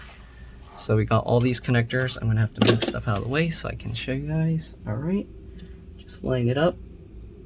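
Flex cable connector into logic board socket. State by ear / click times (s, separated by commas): not seated / none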